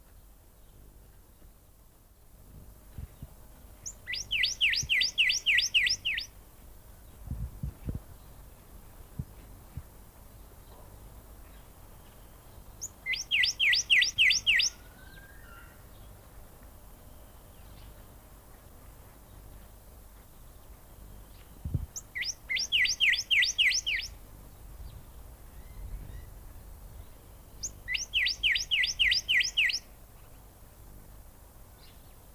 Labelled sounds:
Northern Cardinal call
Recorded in captivity
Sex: male
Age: adult
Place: Tierpark Berlin, Berlin, DE
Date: 1998-03-28 10:35
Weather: overcast, ca. 10°C
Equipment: Nagra SN, Kopie Uher 4000 Report Monitor
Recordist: Tembrock, Günter
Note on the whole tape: Männchen: Rufreihen (Entfernung ca. 6 m). Teilweise sehr gute Aufnahmequalität

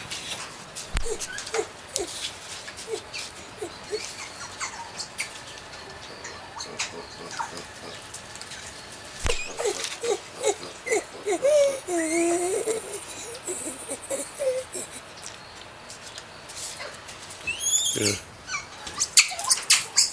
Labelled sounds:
Lar Gibbon
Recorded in captivity
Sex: female
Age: adult
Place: Tierpark Berlin, Berlin, DE
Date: 1983-12-24
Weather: sonnig-wolkig, 1-3°C, windstill
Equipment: Nagra SN, Sennheiser MKH 416 T, Kopie Uher 4000 Report Monitor
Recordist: Tembrock, Günter

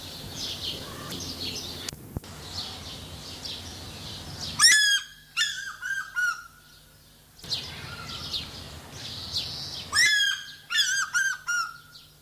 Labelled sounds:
African Fish-eagle call
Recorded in captivity
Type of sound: call sequence
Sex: female
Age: adult
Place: Zoo Berlin, Berlin, DE
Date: 2003-06-27 16:50
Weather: heiter, 25°C
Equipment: Fair Mate ST-1328 (Asahi Electronics, Japan), Sennheiser ME 80, Kopie Uher 4000 Report Monitor
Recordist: Tembrock, Günter
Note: Weibchen: drei Rufreihen

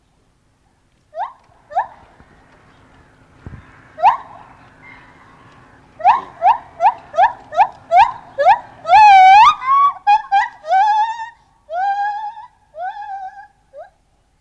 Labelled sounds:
Lar Gibbon
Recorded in captivity
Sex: male
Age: adult
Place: Tierpark Berlin, Berlin, DE
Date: 1983-10-01
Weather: sonnig, ca 3 °C, leichter Wind
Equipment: Nagra SN, Kopie Uher 4000 Report Monitor
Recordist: Tembrock, Günter

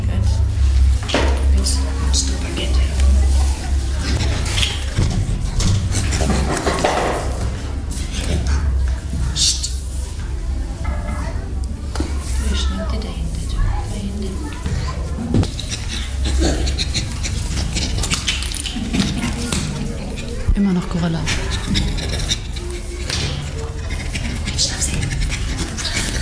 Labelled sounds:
Bonobo
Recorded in captivity
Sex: male
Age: juvenile
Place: Tiergarten Wilhelma/Stuttgart, Baden-Württemberg, DE
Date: 1996-09-21 14:15
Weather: sunny, 16°C
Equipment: Sony MD-WM MZ-R3, Sennheiser ME 80, Kopie Uher 4000 Report Monitor
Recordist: Wendland-Tembrock, Sylvia

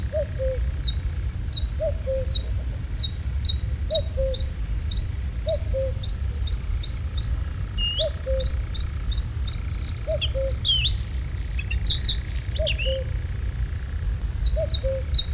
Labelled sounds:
Bluethroat song
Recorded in the wild
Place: Neustadt am Rübenberge, Niedersachsen, DE
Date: 1967-05-27
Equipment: Halbspur, 9,5 cm/s
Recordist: Lütgens, Hans

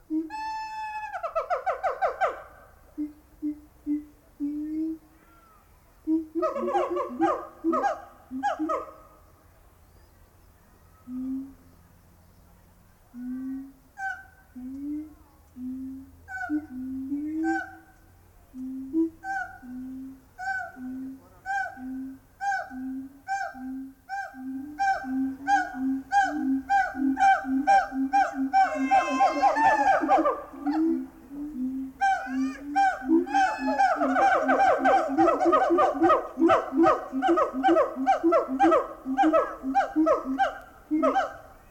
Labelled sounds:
Siamang
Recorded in captivity
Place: Münchner Tierpark Hellabrunn, Bayern, DE
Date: 1995-05-27 10:36
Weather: heiter 15-20°C, böiger Wind
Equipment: Marantz CP 430, Sennheiser ME 80, Kopie Uher 4000 Report Monitor
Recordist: Tembrock, Günter
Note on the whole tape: Duettrufen (längere Stücke). Knackgeräusche nach ca. 1 min

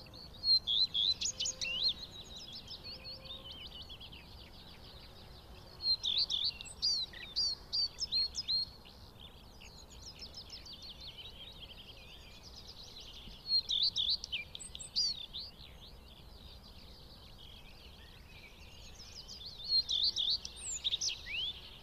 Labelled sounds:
Common Redstart song
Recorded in the wild
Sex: male
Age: adult
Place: Schönow, Naturpark Barnim, Brandenburg, DE
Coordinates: 52.685, 13.512
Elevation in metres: 68
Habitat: heath
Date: 2014-04-26
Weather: sunny, 14°C, windless
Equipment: Sound Devices 702, Sennheiser MKH 70, Rycote Windschutz
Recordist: Frommolt, Karl-Heinz

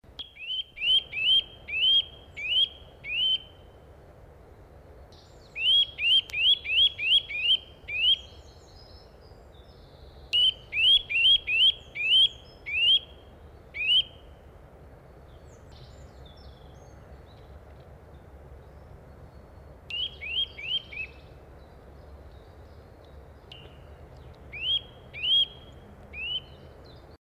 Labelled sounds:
Eurasian Nuthatch call
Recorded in the wild
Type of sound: call
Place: Hilden, Nordrhein-Westfalen, DE
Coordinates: 51.19, 7.2
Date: 1995-04-08
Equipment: Sony WM-D6C
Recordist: Skiba, Reinald
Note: Hildener Stadtwald

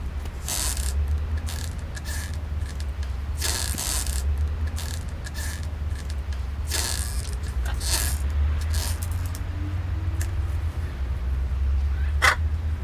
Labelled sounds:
Hyacinth Macaw
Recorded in captivity
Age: adult
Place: Tiergarten Wilhelma/Stuttgart, Baden-Württemberg, DE
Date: 1998-10-02 17:38
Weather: bedeckt, ca. 14°C
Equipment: Sony MD-WM MZ-R3, Sennheiser MKH 416 T, Kopie Uher 4000 Report Monitor
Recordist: Tembrock, Günter

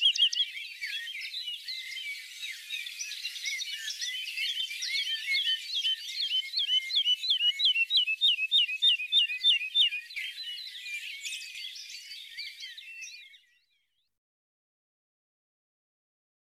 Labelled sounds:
Wood Lark song
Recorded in the wild
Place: Oberrotweil am Kaiserstuhl, Baden-Württemberg, DE
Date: 1980-06-17
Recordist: Schwarz, Dieter
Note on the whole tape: Song

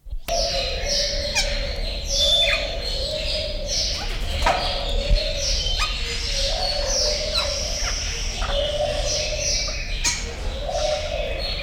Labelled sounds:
Sulawesi Myna
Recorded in captivity
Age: adult
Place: Zoo Berlin, Berlin, DE
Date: 1993-01-16 12:20
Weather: 10-14°C, sonnig
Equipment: Marantz CP 430, Sennheiser ME 80, Kopie Uher Variocord 263
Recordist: Tembrock, Günter

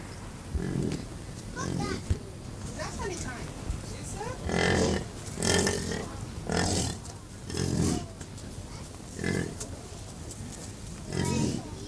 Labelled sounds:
European Bison call
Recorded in captivity
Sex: group
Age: adult
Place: Zoo Berlin, Berlin, DE
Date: 2005-09-01 12:21
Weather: sunny, 24°C
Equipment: Panasonic RQ-2102, Sennheiser ME 80, Kopie Uher 4000 Report Monitor
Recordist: Tembrock, Günter
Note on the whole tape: Wisent (B.b.bonasus): Bulle beim Treiben und andere Tiere (Kontaktlaute)

